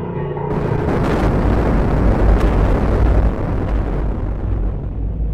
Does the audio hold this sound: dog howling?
no